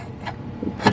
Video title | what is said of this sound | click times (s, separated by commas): Overview of the Kenmore 1941 Zig Zag Sewing Machine | it closed it snaps | 0.9 s